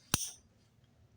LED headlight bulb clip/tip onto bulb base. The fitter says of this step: Did you hear that? Clicked on, locked in place.